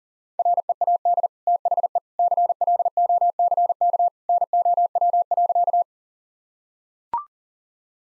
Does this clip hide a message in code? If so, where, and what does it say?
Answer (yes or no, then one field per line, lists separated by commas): yes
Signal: Morse code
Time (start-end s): 0.4-5.8 s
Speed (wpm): 40 wpm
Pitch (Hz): 700 Hz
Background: none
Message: READ THE CLOCK NOW.